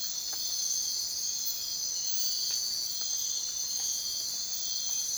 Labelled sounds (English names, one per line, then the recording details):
none
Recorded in secondary vegetation near Puerto Asís, Putumayo, Colombia, on 23 June 2025 at 04:30
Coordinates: 0.499, -76.323
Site G077